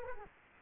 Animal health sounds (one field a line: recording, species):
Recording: mosquito wingbeat signal from an infrared sensor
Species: Culex quinquefasciatus